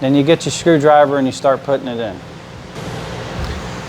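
Someone talks while a wrist pin retaining clip is being walked into the piston pin bore groove of a forged drop-in piston for a 392 HEMI build, using fingers and then a screwdriver. After the talking stops around 2.2 s, only a steady broadband hiss remains. Nothing has snapped or seated yet; the clip still needs a final push to snap home.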